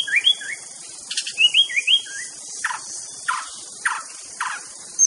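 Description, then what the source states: White-rumped shama gives bright whistled notes, then a few harsh chip-like calls, with steady insect drone throughout. Wild bird singing in forest; original natural song.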